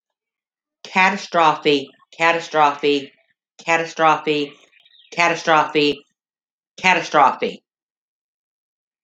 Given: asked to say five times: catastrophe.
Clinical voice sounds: repeated word; female; 50 to 59 years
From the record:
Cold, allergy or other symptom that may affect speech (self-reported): no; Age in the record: 52 years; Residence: Illinois, United States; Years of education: 14

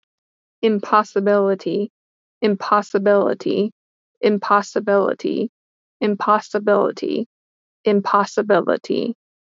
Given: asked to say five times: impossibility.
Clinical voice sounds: repeated word; female; 30 to 39 years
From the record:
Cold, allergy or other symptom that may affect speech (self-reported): no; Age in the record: 39 years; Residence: Pennsylvania, United States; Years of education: 16

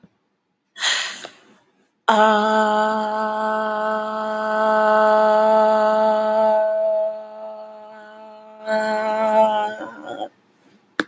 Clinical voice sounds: vowel held as long as possible; female; 20 to 29 years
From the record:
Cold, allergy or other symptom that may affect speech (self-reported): no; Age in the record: 29 years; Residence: Texas, United States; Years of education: 18

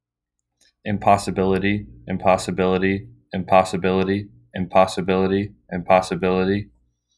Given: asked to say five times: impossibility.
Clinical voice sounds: repeated word; male; 18 to 19 years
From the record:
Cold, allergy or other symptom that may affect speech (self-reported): no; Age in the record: 19 years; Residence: Missouri, United States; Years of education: 13

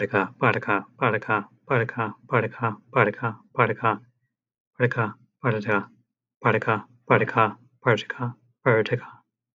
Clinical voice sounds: repeated syllables /pa ta ka/; male; 30 to 39 years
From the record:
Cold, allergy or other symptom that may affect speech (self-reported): no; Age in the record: 31 years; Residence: United States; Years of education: 16

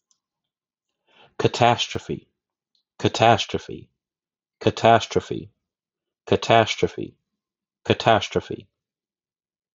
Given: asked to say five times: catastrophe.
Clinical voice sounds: repeated word; male; 30 to 39 years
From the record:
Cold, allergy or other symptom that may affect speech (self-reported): no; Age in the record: 35 years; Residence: Ohio, United States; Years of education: 14

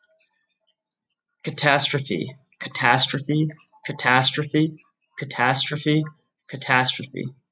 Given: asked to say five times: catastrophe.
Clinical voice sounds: repeated word; male; 20 to 29 years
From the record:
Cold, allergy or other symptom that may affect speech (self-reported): no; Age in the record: 24 years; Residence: Alabama, United States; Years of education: 20

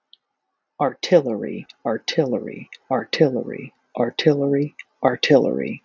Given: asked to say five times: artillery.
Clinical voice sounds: repeated word; male; 30 to 39 years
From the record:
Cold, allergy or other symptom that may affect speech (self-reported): no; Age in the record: 32 years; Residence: Alabama, United States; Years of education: 17

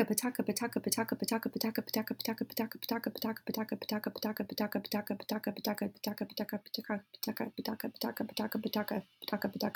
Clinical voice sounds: repeated syllables /pa ta ka/; female; 30 to 39 years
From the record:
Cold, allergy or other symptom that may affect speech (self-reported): no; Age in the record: 34 years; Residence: California, United States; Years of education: 16

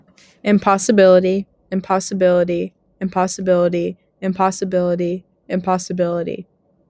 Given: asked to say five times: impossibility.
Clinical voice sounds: repeated word; female; 18 to 19 years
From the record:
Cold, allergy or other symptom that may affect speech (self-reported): no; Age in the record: 19 years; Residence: Kansas, United States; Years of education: 13

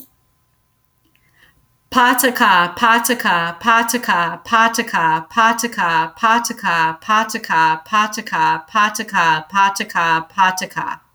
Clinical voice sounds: repeated syllables /pa ta ka/; female; 40 to 49 years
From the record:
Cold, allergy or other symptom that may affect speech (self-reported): no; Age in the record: 47 years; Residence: Florida, United States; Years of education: 16

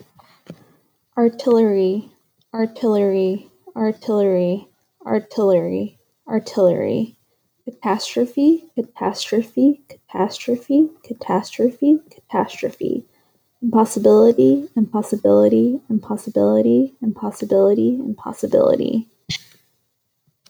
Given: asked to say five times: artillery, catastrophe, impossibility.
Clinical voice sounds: three words, each repeated; female; 20 to 29 years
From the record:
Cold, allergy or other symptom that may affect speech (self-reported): no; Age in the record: 27 years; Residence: North Carolina, United States

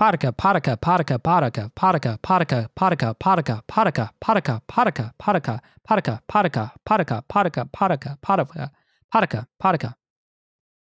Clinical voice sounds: repeated syllables /pa ta ka/; male; 20 to 29 years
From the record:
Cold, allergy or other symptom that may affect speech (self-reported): no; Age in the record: 26 years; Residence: Virginia, United States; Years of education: 16

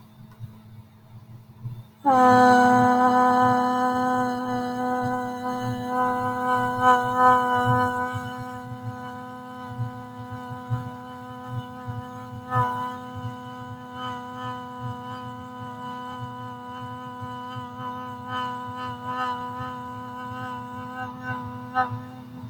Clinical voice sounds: vowel held as long as possible; female; 30 to 39 years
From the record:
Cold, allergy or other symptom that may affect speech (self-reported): no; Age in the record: 37 years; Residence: Delaware, United States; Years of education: 12

